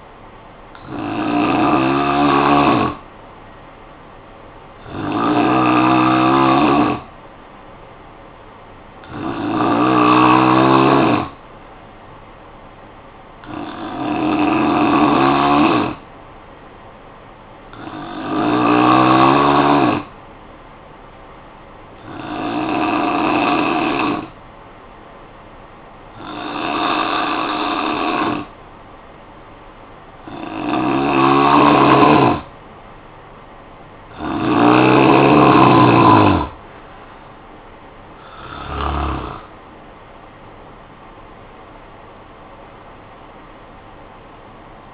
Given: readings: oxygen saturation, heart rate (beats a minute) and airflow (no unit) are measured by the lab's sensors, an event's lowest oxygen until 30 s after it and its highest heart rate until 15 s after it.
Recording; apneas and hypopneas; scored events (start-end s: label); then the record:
breathing in sleep by a voice recorder at the bedside; 1
3.00-31.80 s: hypopnea (N3, oxygen 93% highest, then 85% lowest, heart rate 54 at the start, 76 highest)
From the record:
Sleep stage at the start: N3 (deep sleep); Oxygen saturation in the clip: 87 to 93%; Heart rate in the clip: 53 to 76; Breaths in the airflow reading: 10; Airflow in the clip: -11.6 to 13.6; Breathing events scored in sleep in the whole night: 445 in 7.6 hours asleep